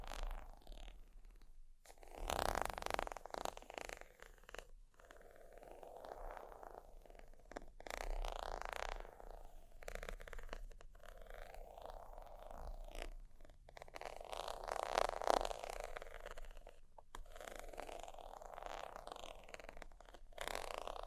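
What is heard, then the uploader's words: Sheets rustle and scratch in an uneven, continuous stream, with short breaks between strokes. The sound is mostly mid-pitched with a brighter hiss on top, and firmer swipes stand out near the start and again around fifteen seconds. ASMR Extremely Sleepy Sheets Scratching Tapping（No Talking）.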